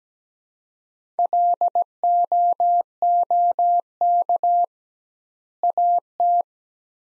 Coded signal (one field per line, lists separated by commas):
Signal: Morse code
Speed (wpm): 17 wpm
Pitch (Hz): 700 Hz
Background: none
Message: LOOK AT